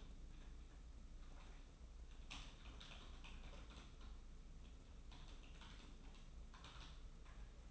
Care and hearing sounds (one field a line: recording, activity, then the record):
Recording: daily activity, microphone in the room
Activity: typing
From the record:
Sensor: 1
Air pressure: 994.4 hPa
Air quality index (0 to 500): 220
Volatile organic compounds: 1000 ppm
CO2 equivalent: 7869 ppm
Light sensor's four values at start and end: 57/126/56/59 and 56/125/56/59